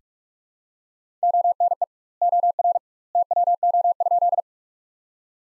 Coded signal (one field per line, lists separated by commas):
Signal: Morse code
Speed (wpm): 44 wpm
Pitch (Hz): 700 Hz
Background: none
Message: ONE OR TWO?